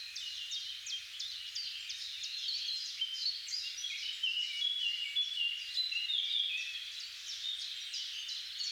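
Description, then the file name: Birds in a dense chorus of overlapping high chirps and twitters, continuous throughout, with no single voice standing out. "Singing Birds"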